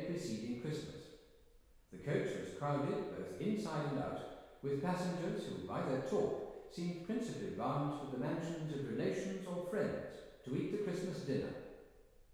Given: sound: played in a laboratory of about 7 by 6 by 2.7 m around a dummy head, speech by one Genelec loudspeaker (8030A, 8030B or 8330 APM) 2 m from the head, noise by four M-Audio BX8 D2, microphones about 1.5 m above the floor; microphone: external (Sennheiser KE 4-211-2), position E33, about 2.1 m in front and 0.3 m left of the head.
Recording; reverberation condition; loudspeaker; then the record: male speech in English; high; 30 degrees to the right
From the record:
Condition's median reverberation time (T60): about 1300 ms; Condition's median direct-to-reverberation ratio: about -4.0 dB